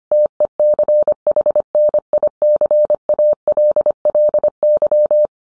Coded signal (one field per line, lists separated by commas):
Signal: Morse code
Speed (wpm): 25 wpm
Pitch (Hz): 600 Hz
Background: none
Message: TECHNICALLY